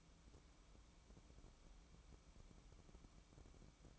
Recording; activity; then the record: daily activity, microphone in the room; take from stove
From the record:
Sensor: 1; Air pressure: 1008.0 hPa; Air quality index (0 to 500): 130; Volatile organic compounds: 2 ppm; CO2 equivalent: 1095 ppm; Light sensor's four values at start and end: 9/21/8/9 and 9/21/8/9